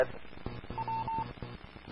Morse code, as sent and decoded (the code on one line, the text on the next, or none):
none